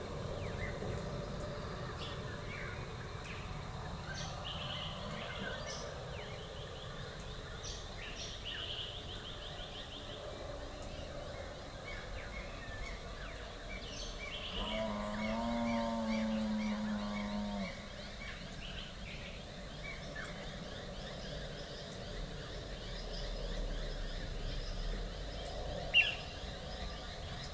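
Dawn chorus in Rathdowney: scattered bird chirps over a steady low rumble, with a droning engine-like tone around fifteen seconds and a sharp click near the end.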